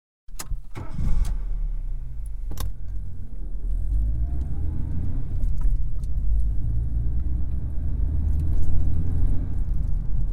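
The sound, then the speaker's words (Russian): A few sharp clicks and a crank as Antoine starts the car's engine, then a steady low rumbling idle that swells slightly as the car pulls smoothly away. “Антуан включил мотор и плавно тронул с места.”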